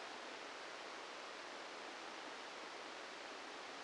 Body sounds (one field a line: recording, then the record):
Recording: brain microelectrode recording played as sound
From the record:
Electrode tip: outside the subthalamic nucleus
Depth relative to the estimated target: 3 mm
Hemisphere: right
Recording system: NeuroSet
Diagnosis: Parkinson's disease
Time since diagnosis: 8 years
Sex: male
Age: 65 years